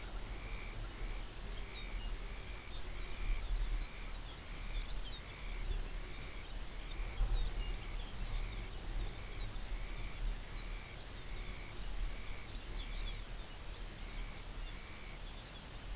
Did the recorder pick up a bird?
yes